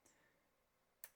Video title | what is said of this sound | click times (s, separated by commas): IBM ThinkPad R52: A Snapshot of Business Computing in the 2000s | You press it, it locks into place. | 1.0 s